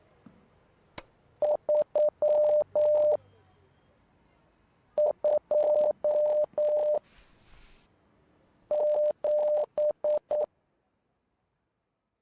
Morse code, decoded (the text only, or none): 3 2 7